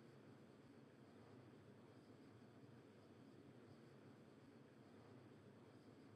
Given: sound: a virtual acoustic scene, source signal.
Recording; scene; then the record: noise of the scene; olnoise of S0N0 and S0N90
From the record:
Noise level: 65 dB SPL